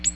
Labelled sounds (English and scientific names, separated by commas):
Ovenbird (Seiurus aurocapilla) flight call